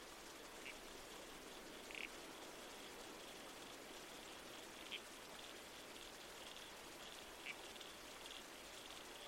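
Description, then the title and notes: Red-crowned toadlet calls: short single notes, four spaced a few seconds apart, over a steady rush of creek water. Nighttime bush soundscape with a babbling creek and trees swaying in the wind. "Red-Crowned Toadlet. Nocturnal Worlds"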